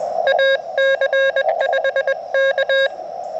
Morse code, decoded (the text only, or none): AC5K